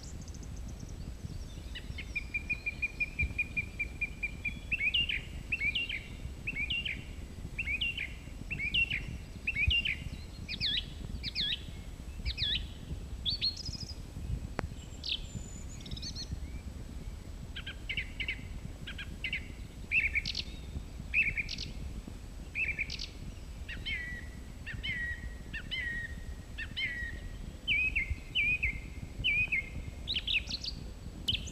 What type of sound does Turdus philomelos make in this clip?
song